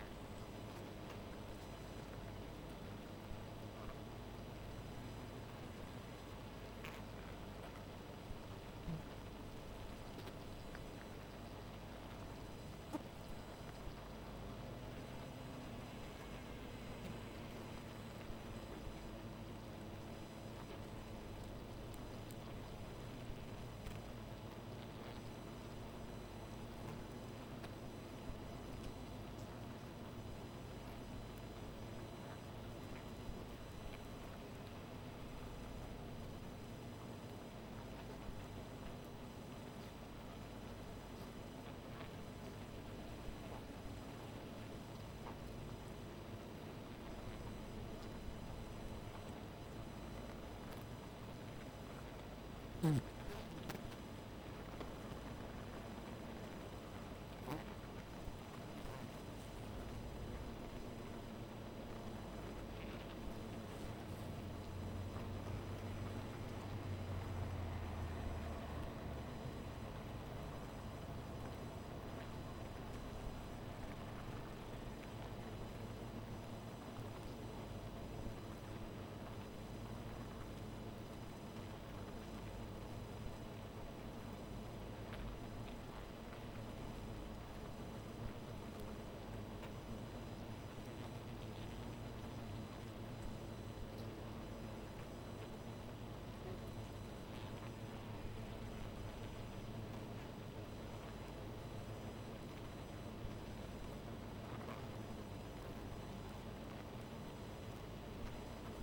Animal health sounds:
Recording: honeybee colony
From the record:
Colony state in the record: missing queen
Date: 14 July 2017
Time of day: 1:25

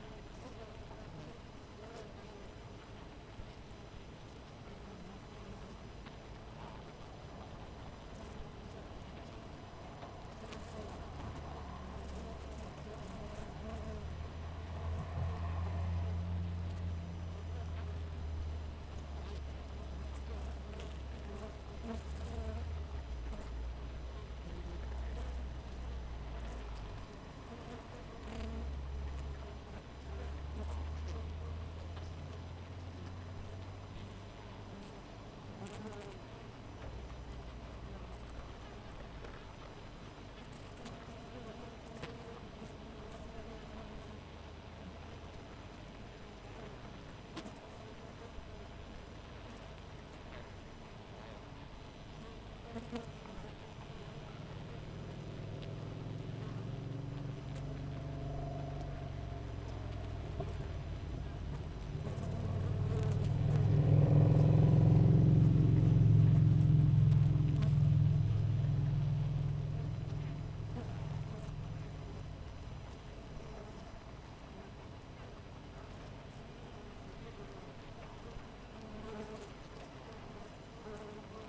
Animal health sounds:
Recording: honeybee colony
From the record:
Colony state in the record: missing queen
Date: 14 July 2017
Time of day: 6:18

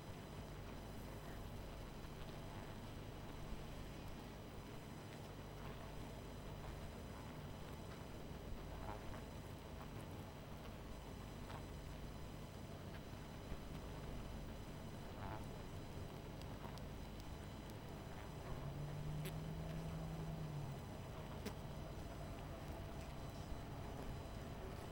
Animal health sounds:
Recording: honeybee colony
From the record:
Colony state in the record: missing queen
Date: 14 July 2017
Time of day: 22:24

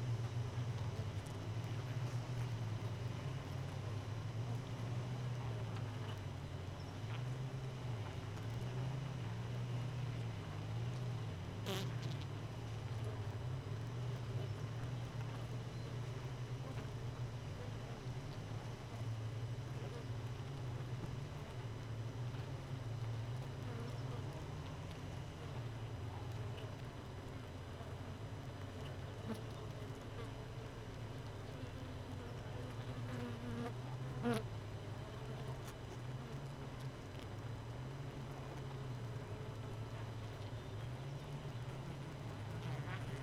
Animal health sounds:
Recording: honeybee colony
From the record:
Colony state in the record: missing queen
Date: 31 May 2018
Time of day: 4:35

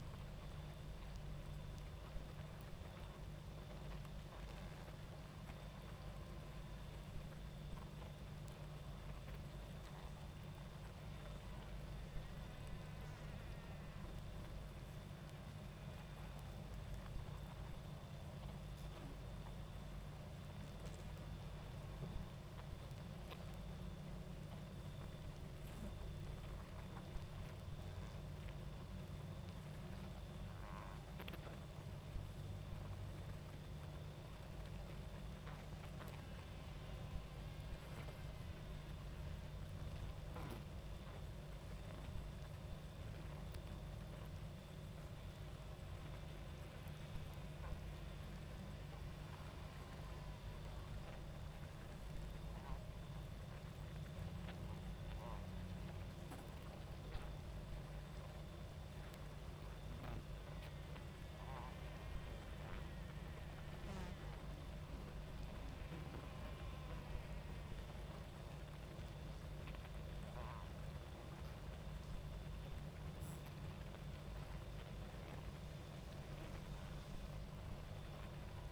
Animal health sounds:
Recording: honeybee colony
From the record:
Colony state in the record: active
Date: 28 July 2017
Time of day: 22:25

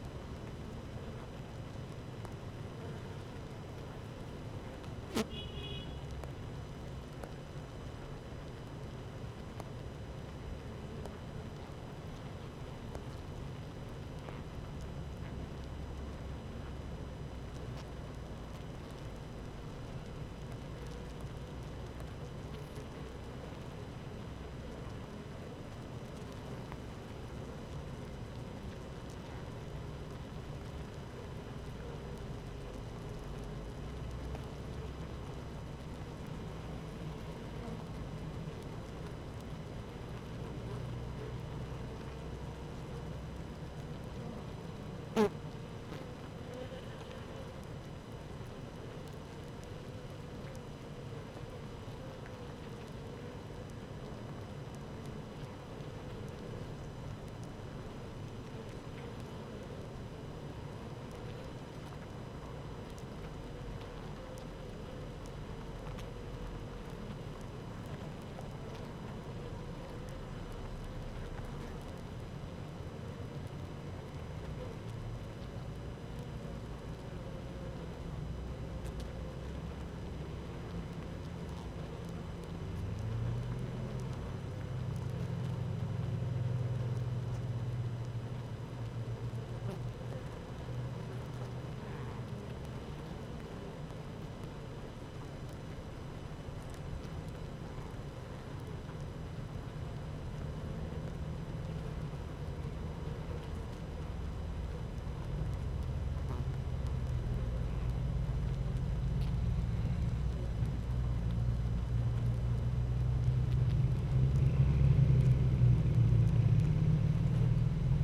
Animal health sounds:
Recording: honeybee colony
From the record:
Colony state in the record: active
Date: 12 June 2018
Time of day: 15:04

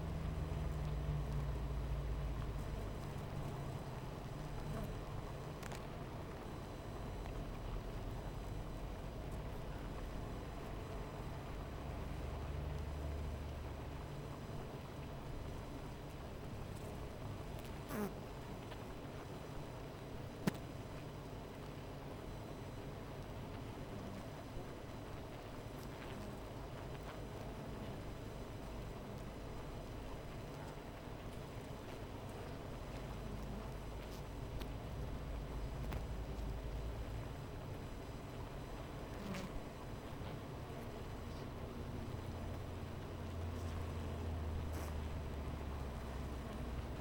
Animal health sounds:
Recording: honeybee colony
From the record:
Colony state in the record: missing queen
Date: 14 July 2017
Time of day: 13:35

